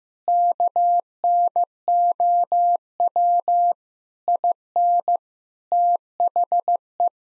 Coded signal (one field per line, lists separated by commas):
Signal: Morse code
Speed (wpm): 15 wpm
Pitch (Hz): 700 Hz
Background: none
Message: KNOW IN THE